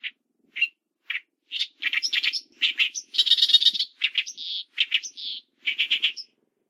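Bird giving a lively run of short, high chirps and buzzy twittering bursts, coming in quick clusters for about six seconds.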